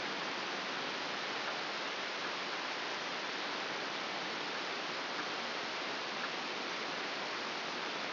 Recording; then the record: brain microelectrode recording played as sound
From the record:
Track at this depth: outside the subthalamic nucleus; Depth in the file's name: 5.801 mm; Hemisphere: right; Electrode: 2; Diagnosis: Parkinson's disease